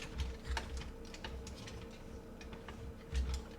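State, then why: Not seated. A plastic slide on a transforming robot toy's combiner joint is handled after three buttons on the plastic combining-robot toy are inserted. Short, sharp plastic ticks and taps come through, with the strongest near 0.2, 0.6, 1.1, 1.3 and 3.3 seconds. The slide has not yet been pushed back to lock, and nothing has seated or clicked yet.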